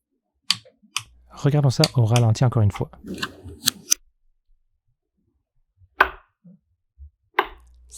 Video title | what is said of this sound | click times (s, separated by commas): Présentation du laboratoire traction | allez-y lentement qui soyez attentif lorsque le couple de serrage est atteint on sens et on entend un petit clic comme ici à ce moment arrêtée | 0.5 s, 1.0 s